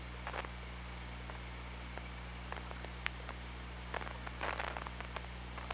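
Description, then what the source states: Killer whale clicks: irregular sharp clicks with a rapid cluster late, over a continuous low drone and background hiss. Recorded by OrcaLab hydrophone on 24 August 2017 at 02:54.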